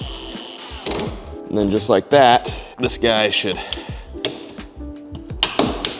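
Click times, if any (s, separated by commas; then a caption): 5.4 s, 5.6 s, 5.9 s. Someone talks as a desk accessory with small plastic clips on its underside is pushed into its mount under the workstation. Sharp plastic clicks sound at 5.4, 5.6 and 5.9 seconds as the clips snap into their holder, and the accessory is seated in place.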